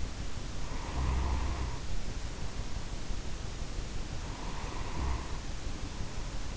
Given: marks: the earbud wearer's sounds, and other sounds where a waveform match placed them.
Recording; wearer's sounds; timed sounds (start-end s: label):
sounds in sleep by an in-ear microphone; snoring breath
0.57-2.98 s: snoring breath
4.11-6.57 s: snoring breath